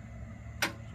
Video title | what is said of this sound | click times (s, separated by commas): Shea SVM I | if i push that you hear the clunk pull this seat forward just a couple of inches so | 0.6 s